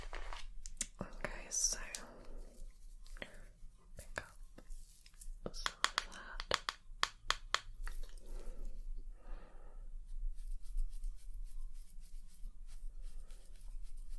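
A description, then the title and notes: Dry tapping in irregular clusters over a faint low hum, busiest in the first seven seconds, with soft breathy whispers around eight to ten seconds. ASMR Glossybox Unboxing.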